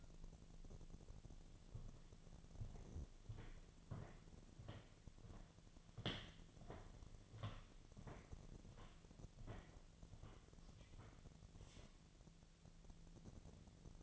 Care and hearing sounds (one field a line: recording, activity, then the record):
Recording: daily activity, microphone in the room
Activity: walk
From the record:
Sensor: 4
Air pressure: 1009.0 hPa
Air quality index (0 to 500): 169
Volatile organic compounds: 4 ppm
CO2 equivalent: 1700 ppm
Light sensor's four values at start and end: 24/75/28/27 and 24/74/28/27